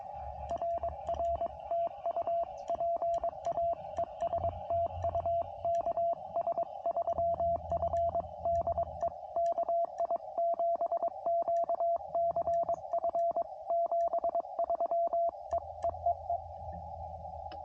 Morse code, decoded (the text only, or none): RR TU PA ES TU KS3F DE KI7QCF 73 EEEE